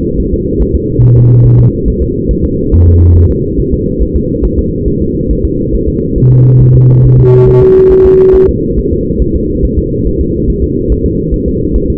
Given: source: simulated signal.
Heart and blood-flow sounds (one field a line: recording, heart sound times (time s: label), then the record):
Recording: fetal heart sounds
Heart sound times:
0.20 s: S1
0.33 s: S2
0.61 s: S1
0.75 s: S2
1.03 s: S1
1.17 s: S2
1.46 s: S1
1.60 s: S2
1.88 s: S1
2.02 s: S2
2.31 s: S1
2.45 s: S2
2.74 s: S1
2.88 s: S2
3.17 s: S1
3.31 s: S2
3.60 s: S1
3.74 s: S2
4.02 s: S1
4.16 s: S2
4.45 s: S1
4.59 s: S2
4.88 s: S1
5.02 s: S2
5.31 s: S1
5.45 s: S2
5.74 s: S1
5.88 s: S2
6.18 s: S1
6.32 s: S2
6.62 s: S1
6.75 s: S2
7.05 s: S1
7.19 s: S2
7.49 s: S1
7.62 s: S2
7.92 s: S1
8.06 s: S2
8.35 s: S1
8.49 s: S2
8.79 s: S1
8.92 s: S2
9.22 s: S1
9.36 s: S2
9.65 s: S1
9.79 s: S2
10.07 s: S1
10.21 s: S2
10.50 s: S1
10.64 s: S2
10.92 s: S1
11.06 s: S2
11.34 s: S1
11.48 s: S2
11.76 s: S1
11.90 s: S2
From the record:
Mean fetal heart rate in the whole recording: 140 bpm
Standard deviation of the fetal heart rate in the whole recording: 2 bpm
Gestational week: 34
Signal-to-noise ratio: -14.7 dB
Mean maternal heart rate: 72 bpm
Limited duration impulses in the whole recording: present